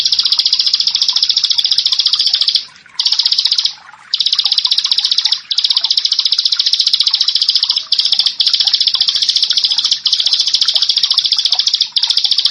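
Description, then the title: Bar-winged prinia song: a loud, dense, buzzy trill of very rapid high notes, held for long stretches and broken by brief pauses. "Ciblek Sawah 1"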